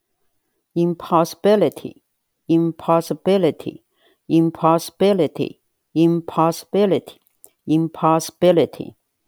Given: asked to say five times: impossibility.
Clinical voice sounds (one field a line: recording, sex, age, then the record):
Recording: repeated word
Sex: female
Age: 50 to 59 years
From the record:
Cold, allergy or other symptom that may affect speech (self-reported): no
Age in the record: 58 years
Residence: Virginia, United States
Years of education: 22